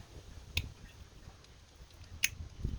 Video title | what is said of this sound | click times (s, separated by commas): 2019+ MK7 VW GLI 2.0T MQB - How to change RS7 spark plugs and APR coilpacks | where they click onto the top of the spark plug last one | 0.6 s, 2.2 s